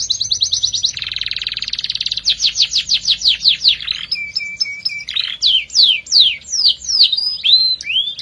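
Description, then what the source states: Canary song with a fast high trill, a buzzy roll, a run of sweeping downslurred notes, then repeated short flat whistles and looping chirps. Therapy recording for a canary that has stopped singing; F1 canary.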